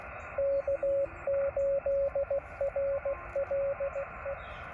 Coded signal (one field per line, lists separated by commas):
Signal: Morse code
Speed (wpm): 19 wpm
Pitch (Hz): 550 Hz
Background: radio noise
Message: K8RLE